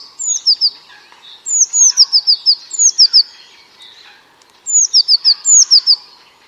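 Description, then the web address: Bird giving clear high chirp series, each opening with a falling slide then rapid short notes, bursts coming in clusters with a quieter gap midway. "Deverinetal 2025. Bird Only"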